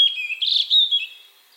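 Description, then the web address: European robin song fragment, a thin high warble wavering around a sustained tone, fading away after about a second. "Deverinetal 2025 File origin Bird Only Er Ru"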